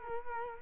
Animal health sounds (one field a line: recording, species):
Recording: mosquito wingbeat signal from an infrared sensor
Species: Culex quinquefasciatus